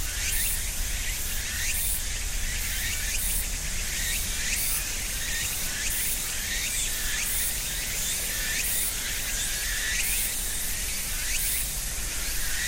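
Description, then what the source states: Cicadas keep up an unbroken shrill drone, pulsing faintly in rapid rhythm, over a low background hum. Cicadas at end of summer in ornamental cherry trees between a small river and residential neighborhood, Japan; about 13:00; Sony PCM-M10, quasi-binaural EM172 mics on tree trunk.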